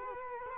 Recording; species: mosquito wingbeat signal from an infrared sensor; Culex quinquefasciatus